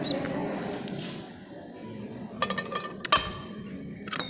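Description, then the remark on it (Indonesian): A few bright, sharp clinks of a glass as someone takes a drink, a small cluster and then one more, over a low, steady murmur of background voices. “Ngombe dhisik rek kok ngelak ini.”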